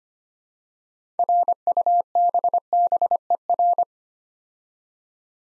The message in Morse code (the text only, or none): RUBBER